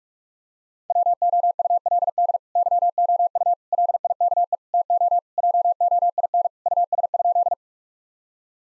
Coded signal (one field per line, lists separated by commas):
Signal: Morse code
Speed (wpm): 41 wpm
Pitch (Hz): 700 Hz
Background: none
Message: WOULD YOU LIKE TO JOIN US?